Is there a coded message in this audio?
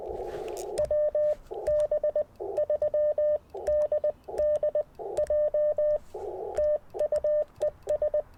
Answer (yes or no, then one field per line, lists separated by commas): yes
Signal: Morse code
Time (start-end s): 0.8-8.2 s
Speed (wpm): 20 wpm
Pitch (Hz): 600 Hz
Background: none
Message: WB3DDJ TU ES